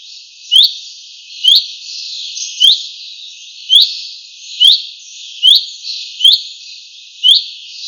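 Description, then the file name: Common chaffinch giving sharp upslurred call notes, roughly one per second, eight in a row with quiet gaps between. "Fringilla coelebs"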